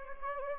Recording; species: mosquito wingbeat signal from an infrared sensor; Anopheles gambiae